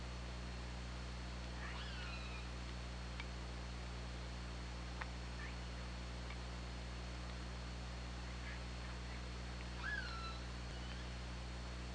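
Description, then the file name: Orca pulsed calls, two harmonic downswept calls, one early and one near the end, with scattered clicks over steady low underwater hum. Hydrophone, 24 August 2017. "Orca Lab"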